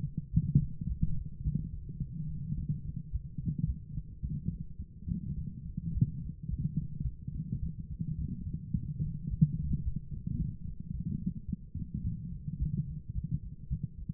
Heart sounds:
heart sounds by stethoscope; 108 bpm
0.31 s: heartbeat
0.87 s: heartbeat
1.43 s: heartbeat
1.99 s: heartbeat
2.56 s: heartbeat
3.11 s: heartbeat
3.65 s: heartbeat
4.21 s: heartbeat
4.77 s: heartbeat
5.35 s: heartbeat
5.93 s: heartbeat
6.49 s: heartbeat
7.02 s: heartbeat
7.60 s: heartbeat
8.16 s: heartbeat
8.73 s: heartbeat
9.29 s: heartbeat
9.83 s: heartbeat
10.38 s: heartbeat
10.92 s: heartbeat
11.46 s: heartbeat
12.02 s: heartbeat
12.58 s: heartbeat
13.13 s: heartbeat
13.68 s: heartbeat
From the record:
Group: healthy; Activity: light exercise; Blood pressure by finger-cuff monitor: 95/41 mmHg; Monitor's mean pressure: 58 mmHg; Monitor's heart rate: 107 bpm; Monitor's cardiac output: 12.4 L/min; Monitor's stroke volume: 114 mL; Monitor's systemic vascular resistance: 320 dyn s/cm5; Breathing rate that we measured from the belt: 18 breaths a minute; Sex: female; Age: 24 years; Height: 163 cm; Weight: 55.7 kg

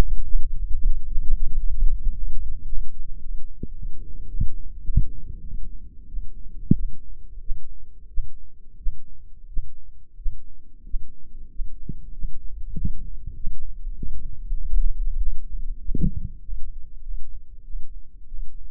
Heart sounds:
heart sounds by microphone in the left ear; 99 bpm
0.00 s: heartbeat
0.54 s: heartbeat
1.07 s: heartbeat
1.60 s: heartbeat
2.13 s: heartbeat
2.67 s: heartbeat
3.20 s: heartbeat
3.74 s: heartbeat
4.28 s: heartbeat
4.84 s: heartbeat
5.41 s: heartbeat
6.07 s: heartbeat
6.73 s: heartbeat
7.40 s: heartbeat
8.08 s: heartbeat
8.77 s: heartbeat
9.47 s: heartbeat
10.16 s: heartbeat
10.84 s: heartbeat
11.49 s: heartbeat
12.13 s: heartbeat
12.75 s: heartbeat
13.35 s: heartbeat
13.96 s: heartbeat
14.57 s: heartbeat
15.18 s: heartbeat
15.79 s: heartbeat
16.41 s: heartbeat
17.02 s: heartbeat
17.64 s: heartbeat
18.27 s: heartbeat
From the record:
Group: healthy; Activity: light exercise 0-4 s, rest 4-19 s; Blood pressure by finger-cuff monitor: 128/66 mmHg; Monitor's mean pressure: 80 mmHg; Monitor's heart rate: 98 bpm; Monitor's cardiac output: 15.4 L/min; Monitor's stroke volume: 143 mL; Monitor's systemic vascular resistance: 260 dyn s/cm5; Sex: male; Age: 35 years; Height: 180 cm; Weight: 86.9 kg

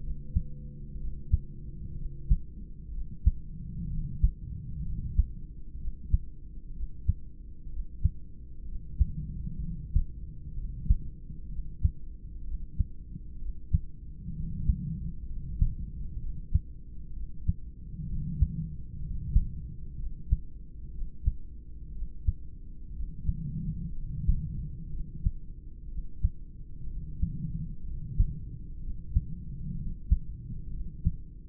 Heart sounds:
heart sounds by stethoscope; 63 bpm
0.00 s: heartbeat
0.97 s: heartbeat
1.95 s: heartbeat
2.91 s: heartbeat
3.87 s: heartbeat
4.82 s: heartbeat
5.77 s: heartbeat
6.73 s: heartbeat
7.69 s: heartbeat
8.65 s: heartbeat
9.60 s: heartbeat
10.54 s: heartbeat
11.49 s: heartbeat
12.44 s: heartbeat
13.38 s: heartbeat
14.33 s: heartbeat
15.26 s: heartbeat
16.19 s: heartbeat
17.13 s: heartbeat
18.06 s: heartbeat
19.00 s: heartbeat
19.96 s: heartbeat
20.91 s: heartbeat
21.92 s: heartbeat
22.92 s: heartbeat
23.93 s: heartbeat
24.89 s: heartbeat
25.88 s: heartbeat
26.86 s: heartbeat
27.83 s: heartbeat
28.80 s: heartbeat
29.75 s: heartbeat
30.70 s: heartbeat
From the record:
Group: heart failure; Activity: rest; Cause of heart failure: idiopathic cardiomyopathy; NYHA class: 2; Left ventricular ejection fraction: 17%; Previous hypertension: absent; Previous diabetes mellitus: absent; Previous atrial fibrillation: present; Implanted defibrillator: present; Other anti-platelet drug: absent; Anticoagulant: edoxaban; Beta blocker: bisoprolol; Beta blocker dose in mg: 7.5 twice daily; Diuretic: furosemide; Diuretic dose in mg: 20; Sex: male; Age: 63 years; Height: 160 cm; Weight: 69 kg

